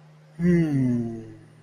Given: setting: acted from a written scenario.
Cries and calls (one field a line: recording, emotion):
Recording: vocal sound without words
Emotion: romantic love